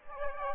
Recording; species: mosquito wingbeat signal from an infrared sensor; Aedes aegypti